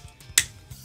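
A mini vinyl figure is pressed into its plastic display box and snaps into place with one sharp, loud plastic click at 0.4 seconds, confirming it seats like the others. A faint soft tap comes just before, and the rest is quiet low background hum.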